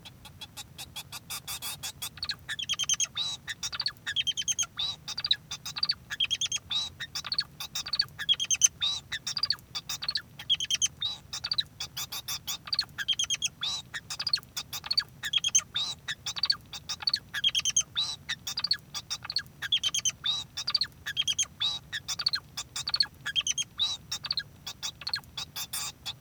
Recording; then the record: song of a male Bengalese finch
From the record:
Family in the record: son of father 2